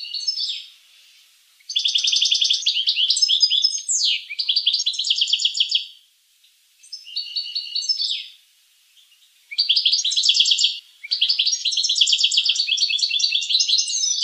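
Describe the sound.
Finch song: a faint opening note, then loud phrases of high trills and buzzes broken by brief pauses, with a softer phrase between them.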